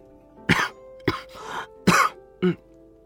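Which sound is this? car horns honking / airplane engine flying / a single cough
a single cough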